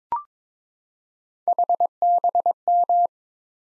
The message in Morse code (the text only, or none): HBM